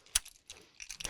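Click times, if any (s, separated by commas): none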